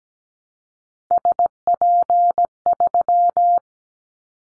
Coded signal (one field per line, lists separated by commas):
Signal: Morse code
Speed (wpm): 17 wpm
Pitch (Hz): 700 Hz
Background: none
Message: SP3